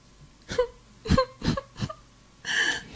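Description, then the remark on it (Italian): A child cries bitterly, as Gretel in the tale of Hänsel and Gretel: four short, breathy sobs in a broken rhythm, then a longer, higher-pitched wail at the end, with no talking. “Gretel piangeva amaramente e disse ad Hansel: Adesso per noi è finita!”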